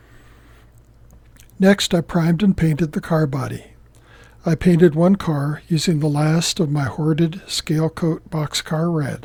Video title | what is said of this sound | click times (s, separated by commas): Assembling the Kadee PS 1 Box Car Kit | You'll hear a click as each pin snaps into position. | 0.8 s, 1.1 s, 1.4 s